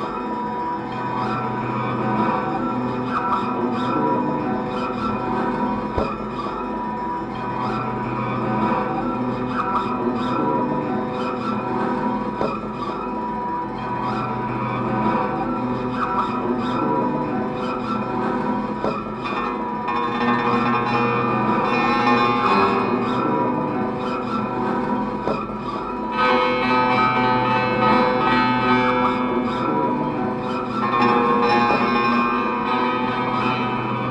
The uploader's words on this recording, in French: Objet usuels détournés de lutherie inventée ou de matériaux naturelles. La manipulation des objets, des matières.